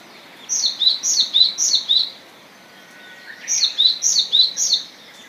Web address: izumino saunndo sizyuukara